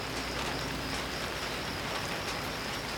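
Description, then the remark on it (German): Steady rain patters on a tent fabric, a dense, even hiss of countless small drops with faint taps scattered throughout and no voices. “Später prasseln Regentropfen auf das Zelt.”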